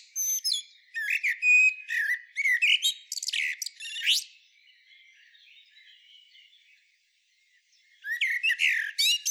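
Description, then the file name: Common blackbird song: four seconds of hurried high twitters and sweeping squeaks, faint soft notes, a short silence, then a new twittering burst. "Turdus merula"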